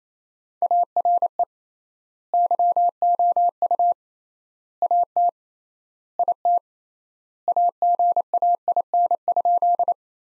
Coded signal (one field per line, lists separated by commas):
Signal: Morse code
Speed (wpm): 28 wpm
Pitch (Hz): 700 Hz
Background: none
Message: ARE YOU AT IT AGAIN?